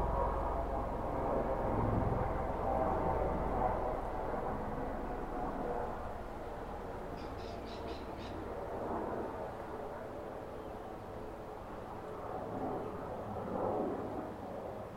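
Outdoor ambience overlooking Tamarama Beach near Bondi: a steady, low rumbling wash, like surf or traffic, swelling and easing every few seconds. Midway through, a quick run of four or five high chirps, likely a bird, briefly rises above it.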